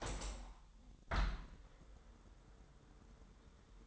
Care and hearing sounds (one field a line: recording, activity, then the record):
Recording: daily activity, microphone in the room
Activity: open window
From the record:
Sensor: 3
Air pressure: 999.9 hPa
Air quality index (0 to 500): 229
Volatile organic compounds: 105 ppm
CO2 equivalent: 3787 ppm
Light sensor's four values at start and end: 9/22/9/9 and 10/23/10/9